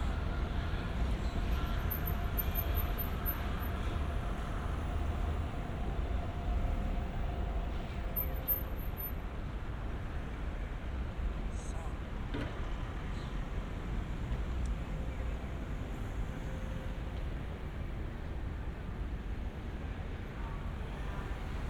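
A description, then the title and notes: A steady city street bed, dense and even, with a low rumble of traffic filling the bottom throughout. Faint voices and brief tonal bits drift through, a high chirping near 2 and 8 seconds, and a sharp click around 12 seconds. 3D AUDIO TOKYO WALKING - Shinbashi(新橋), Japan.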